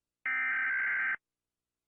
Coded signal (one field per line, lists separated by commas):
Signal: Emergency Alert System (SAME) tones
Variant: header bursts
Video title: Rating EAS alarms 🚨